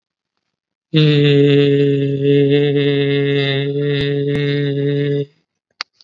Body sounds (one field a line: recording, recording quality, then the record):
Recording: sustained vowel as in made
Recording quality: excellent, no background noise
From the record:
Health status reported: COVID-19 positive, moderate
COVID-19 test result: positive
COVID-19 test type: RT-PCR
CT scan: not taken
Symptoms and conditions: cough, fever, fatigue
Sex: male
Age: 46 years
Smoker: no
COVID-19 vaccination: both doses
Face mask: worn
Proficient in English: yes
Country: India